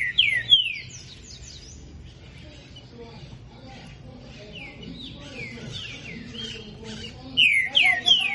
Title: Canto De Trinca Ferro Voz 07. Trinca ferro Rex esquentando